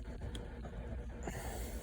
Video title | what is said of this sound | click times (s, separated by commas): VL800 Suzuki C50 Boulevard fuel pump replacement | and make sure it clicks into place here there we go that | 0.4 s